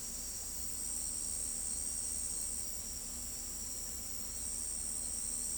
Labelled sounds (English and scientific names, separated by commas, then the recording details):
none
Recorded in pastures near Pivijay, Magdalena, Colombia, on 4 June 2023 at 03:00
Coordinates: 10.456, -74.369
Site P6-G026